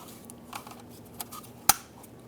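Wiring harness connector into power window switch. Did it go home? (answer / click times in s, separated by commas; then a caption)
yes / 1.7 s. A wiring harness electrical connector is pushed onto the rear power window switch of a 2003-2011 Mercury Grand Marquis. A few faint ticks and rustles come before one sharp, loud click at 1.7 s, which marks the connector clicking in and seating.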